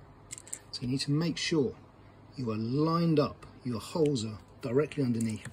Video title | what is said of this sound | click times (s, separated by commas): Assembly detail, correct method for screwing plastic prints to aluminium servo horns | for more precision and hear it click as it goes down | 0.5 s